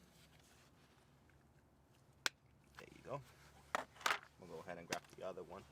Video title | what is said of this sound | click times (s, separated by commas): V6 Mustang Gets GT Side Scoops (How To) | then you just push it in until you hear the click there you go | 2.3 s